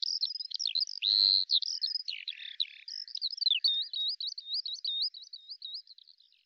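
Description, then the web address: Bird song of varied high chirps and a buzzy trill, then a run of looping, wavering whistled notes repeated in quick succession. "Deverinetal 2025 File cleaned normalized Bird Al Ar"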